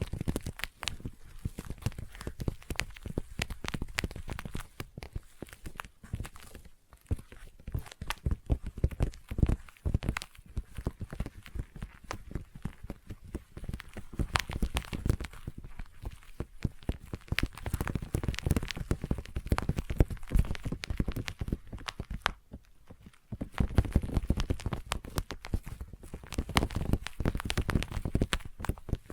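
Dense, sticky tapping runs throughout, with rapid clicky taps stacking into a busy patter, briefly thinning around seven and twenty-three seconds.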